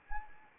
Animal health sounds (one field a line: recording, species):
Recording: mosquito wingbeat signal from an infrared sensor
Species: Anopheles arabiensis